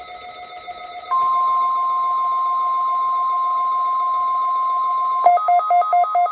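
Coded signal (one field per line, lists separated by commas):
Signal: Emergency Alert System (SAME) tones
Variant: 1050 Hz attention tone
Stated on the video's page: Required Weekly Test from weather radio station in Columbus, Ohio.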